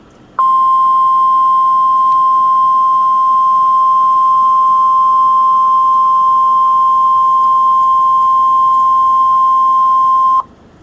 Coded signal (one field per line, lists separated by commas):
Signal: Emergency Alert System (SAME) tones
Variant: 1050 Hz attention tone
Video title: NOAA Weather Radio: OKC TORNADO EMERGENCY {SVS} [EAS #700] (5/31/2013) *HUMAN VOICE*